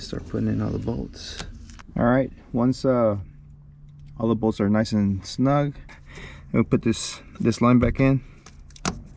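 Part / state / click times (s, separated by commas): fuel line quick connector onto fuel pump module outlet / not seated / none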